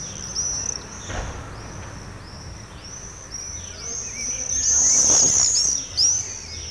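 Swift screams: high, shrill, wavering shrieks in repeated sweeps, loudest near the end, above a constant low rumble.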